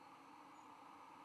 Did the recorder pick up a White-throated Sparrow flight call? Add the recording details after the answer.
no. Another species' flight call is heard. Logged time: 05:15 on 10 November 2014